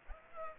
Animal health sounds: mosquito wingbeat signal from an infrared sensor; Aedes aegypti

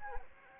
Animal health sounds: mosquito wingbeat signal from an infrared sensor; Anopheles gambiae

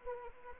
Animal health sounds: mosquito wingbeat signal from an infrared sensor; Anopheles arabiensis

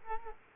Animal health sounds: mosquito wingbeat signal from an infrared sensor; Culex quinquefasciatus

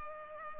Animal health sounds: mosquito wingbeat signal from an infrared sensor; Culex pipiens

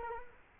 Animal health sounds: mosquito wingbeat signal from an infrared sensor; Culex quinquefasciatus

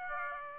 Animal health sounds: mosquito wingbeat signal from an infrared sensor; Aedes aegypti

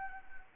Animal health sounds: mosquito wingbeat signal from an infrared sensor; Anopheles gambiae

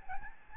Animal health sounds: mosquito wingbeat signal from an infrared sensor; Aedes albopictus

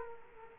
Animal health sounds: mosquito wingbeat signal from an infrared sensor; Culex quinquefasciatus

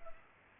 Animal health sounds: mosquito wingbeat signal from an infrared sensor; Culex pipiens

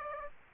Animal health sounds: mosquito wingbeat signal from an infrared sensor; Aedes aegypti

